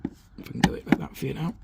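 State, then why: Not seated. A plastic mirror cap on a VW T6 wing mirror is lined up by hand and pushed toward its place in the mirror housing, with sharp taps and knocks near 0.6 s and 0.9 s as the trim is handled while someone talks. The clip ends before the piece goes home; nothing has seated or clicked yet.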